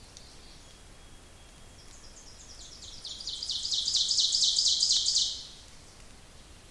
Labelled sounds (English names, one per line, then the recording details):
Ovenbird song
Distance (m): 25 m
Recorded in boreal forest in Alberta, Canada, on 26 May 2016 at 06:33
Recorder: SongMeter 3, array SBT-3-15
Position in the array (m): 46 m, 237 m
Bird 20